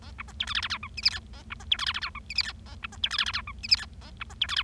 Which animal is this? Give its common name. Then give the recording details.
Bengalese Finch. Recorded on 25 March 2012 at 15:42. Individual gy6or6